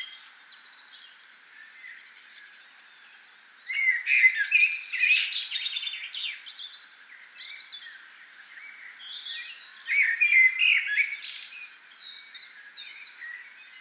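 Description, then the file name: Common blackbird singing two warbled phrases with high twittering, separated by a quieter gap with faint chirps. "Turdus merula"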